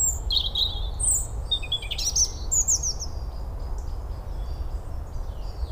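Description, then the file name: European robin song: tinkling high phrases of rapid twitters and slurred notes, mostly in the first few seconds, over a persistent deep background rumble. "Erithacus rubecula"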